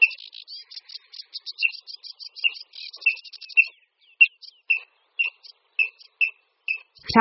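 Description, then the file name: Water rail calls: a series of sharp, clipped notes repeated irregularly, with fainter high ticking between them and a brief louder rasping sound at the very end. "Chřástal vodní"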